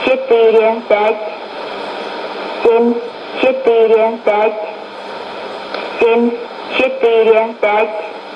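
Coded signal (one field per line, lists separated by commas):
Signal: numbers station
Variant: S06s Russian Lady, Russian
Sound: female voice reading short, evenly spaced words, likely numbers, over shortwave radio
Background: radio static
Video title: 27 06 2018 S06s Russian Lady numbers station in Russian to Eu 0730 on 12110 unknown tx site USB+AM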